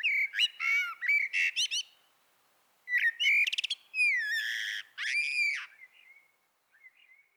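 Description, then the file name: Eurasian blackbird song of rich warbling notes mixed with rapid high twitters, two dense phrases followed by soft, faint trailing notes. "Turdus merula"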